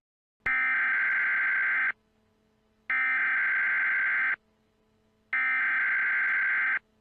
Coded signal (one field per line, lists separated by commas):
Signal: Emergency Alert System (SAME) tones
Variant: header bursts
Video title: Au’shae Makes a fake Emergency Alert System/Grounded.